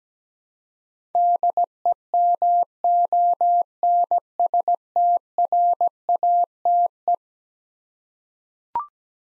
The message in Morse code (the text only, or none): DEMONSTRATE